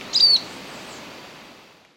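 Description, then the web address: Lemon-browed Flycatcher giving a single short, high, thin call note, then only quiet hiss fading away. Recorded in Ecuador. "Birds of Ecuador. Lemon-browed Flycatcher"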